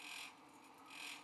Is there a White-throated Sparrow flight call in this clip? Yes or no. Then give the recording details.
no. No flight call is heard. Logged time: 04:45 on 5 December 2014